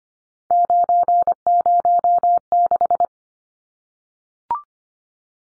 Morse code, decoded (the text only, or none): 906